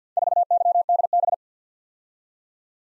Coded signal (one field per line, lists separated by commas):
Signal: Morse code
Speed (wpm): 53 wpm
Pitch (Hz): 700 Hz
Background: none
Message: 4YDB